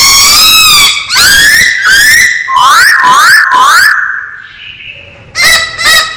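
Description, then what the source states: Masked laughingthrush song: loud, harmonic whistles, then three quickly repeated rising slurred notes, a falling whistle and two short closing notes. Described as gacor, singing actively and persistently.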